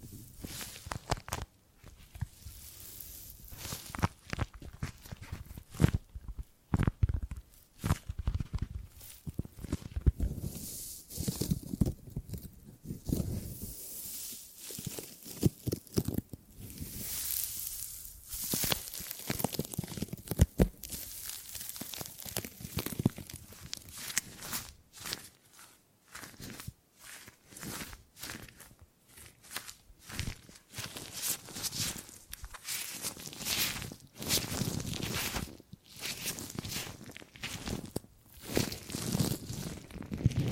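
Gripping and grabbing sounds: dense, irregular bursts of rustling, scraping handling noise, with sharp clutches and crunches landing every fraction of a second for the whole stretch. The sounds are bright and scratchy with low thumps underneath, and brief near-silent gaps appear around 25 and 31 seconds.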